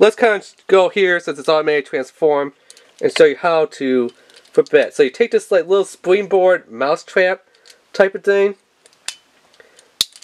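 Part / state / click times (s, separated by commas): spring flip board into toy car body / seated / 10.0 s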